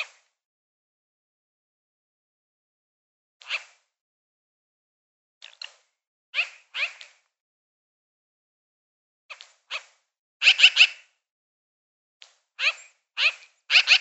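Magpie giving scratchy chirps, sparse at first, then more frequent, ending in clustered rasping bursts.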